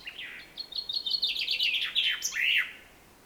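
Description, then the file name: Common chaffinch delivering a descending trill of clipped notes that quickens midway and ends in a bold, downslurred flourish. "Fringilla coelebs"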